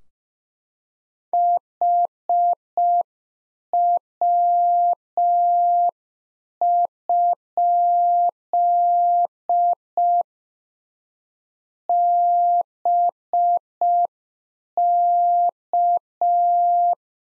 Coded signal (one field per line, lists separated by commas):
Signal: Morse code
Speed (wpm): 5 wpm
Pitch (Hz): 700 Hz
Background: none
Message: HW? BK